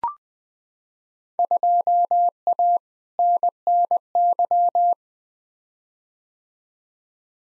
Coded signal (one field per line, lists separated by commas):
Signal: Morse code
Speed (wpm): 20 wpm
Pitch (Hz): 700 Hz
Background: none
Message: 2A NNY